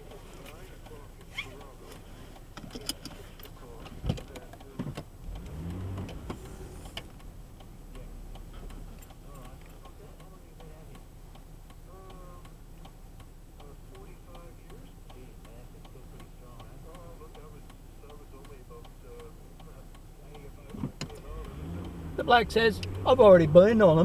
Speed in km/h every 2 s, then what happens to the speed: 0, 0, 8, 0, 0, 0, 0, 0, 0, 0, 23, 25.
0-2 standing. 6-18 standing. 18-24 pulls away to 25.